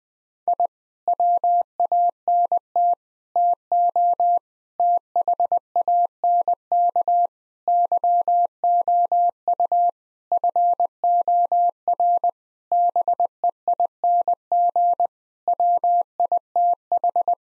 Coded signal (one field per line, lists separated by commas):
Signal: Morse code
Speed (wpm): 20 wpm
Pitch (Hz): 700 Hz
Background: none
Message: I WANT TO THANK YOU FOR BEING WITH